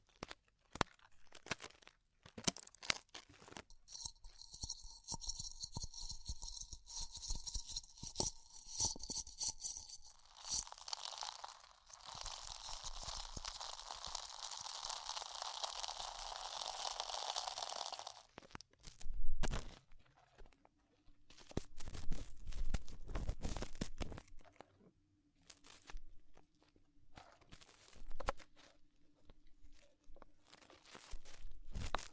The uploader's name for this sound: Extremely Tingly Ear Exploration